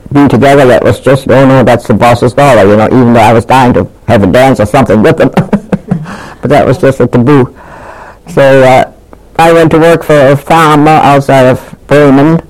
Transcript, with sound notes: be together yet, it was just, "Oh, no, that's the boss's daughter," you know, even though I was dying to have a dance or something with them. [Laughs] But that was just a taboo. So I went to work for a farmer outside of Bremen